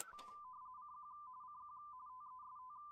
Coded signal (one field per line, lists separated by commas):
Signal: RTTY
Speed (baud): 45.45 baud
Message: CQ CQ TEST